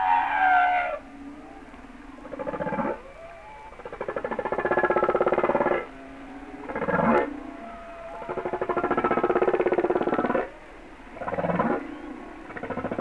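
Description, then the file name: Humpback whale song with pulsed, creaking buzzes and harmonic moans. "Sounds of Nature - Humpback Whales"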